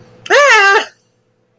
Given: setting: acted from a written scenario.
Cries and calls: vocal sound without words; fear

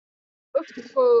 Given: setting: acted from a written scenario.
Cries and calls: vocal sound without words; shame

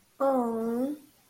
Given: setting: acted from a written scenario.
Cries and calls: vocal sound without words; adoration

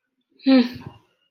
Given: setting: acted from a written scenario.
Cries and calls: vocal sound without words; anger

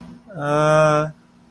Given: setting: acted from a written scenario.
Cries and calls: vocal sound without words; confusion

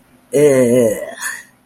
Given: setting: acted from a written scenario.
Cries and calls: vocal sound without words; shame

